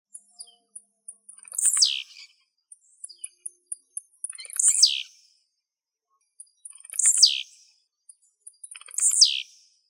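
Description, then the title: Bird song: a few dry ticks lead into a very high, sharply falling whistled sweep, repeated four times roughly every two to three seconds, with quiet gaps between. "LuckyPassaros CompletosSama"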